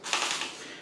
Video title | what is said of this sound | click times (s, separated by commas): Zotac GTX 1060 3gb Mini GPU fan replacement | the clicking you hear is because I have the clutch set to a 1 so when it first barely starts to snag something it's going to stop | 0.1 s